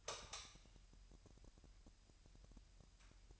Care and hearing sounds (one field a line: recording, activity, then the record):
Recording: daily activity, microphone in the room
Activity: light on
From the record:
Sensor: 2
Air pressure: 1001.8 hPa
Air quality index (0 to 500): 240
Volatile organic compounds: 31 ppm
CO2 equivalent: 2974 ppm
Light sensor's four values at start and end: 4/10/4/4 and 9/25/10/10